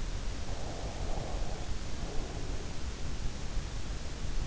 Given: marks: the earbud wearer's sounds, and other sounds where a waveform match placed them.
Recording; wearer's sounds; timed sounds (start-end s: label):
sounds in sleep by an in-ear microphone; breath
0.27-3.08 s: breath